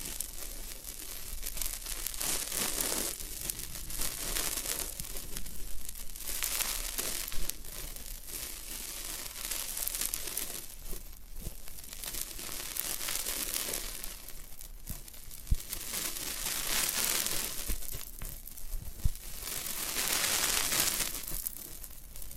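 Floral foam being handled, crumbled and crushed, with a dense, bright crackling that swells and fades in repeated waves. Sharp snaps punctuate it around 15 and 19 seconds, and the gritty texture never fully stops across the whole stretch.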